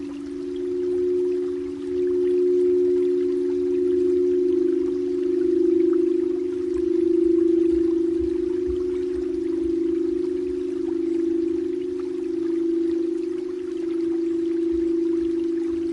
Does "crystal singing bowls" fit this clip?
yes